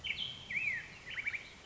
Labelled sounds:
Black-headed Grosbeak
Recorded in Sonoma County, California

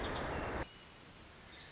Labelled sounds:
Pacific Wren
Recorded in Sonoma County, California

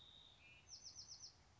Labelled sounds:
Bewick's Wren
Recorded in Sonoma County, California

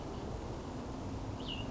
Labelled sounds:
Cassin's Vireo
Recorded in Sonoma County, California

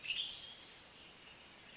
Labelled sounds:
Western Tanager
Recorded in Sonoma County, California

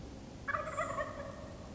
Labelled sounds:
Wild Turkey
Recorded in Sonoma County, California

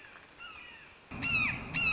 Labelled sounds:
Red-shouldered Hawk
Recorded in Sonoma County, California

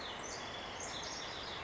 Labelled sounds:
House Wren
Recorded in Sonoma County, California

